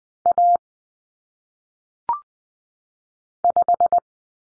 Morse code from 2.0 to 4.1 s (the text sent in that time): 5